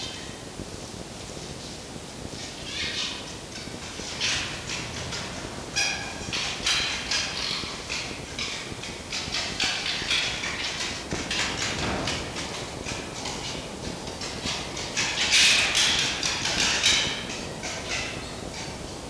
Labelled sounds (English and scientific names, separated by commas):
Red Fox (Vulpes vulpes)